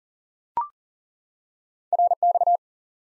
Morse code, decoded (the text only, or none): RX